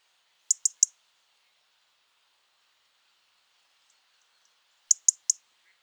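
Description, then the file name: European robin ticking calls, two quick bursts of three sharp, high clicks, the second burst about four seconds after the first, with silence between. "Erithacus rubecula"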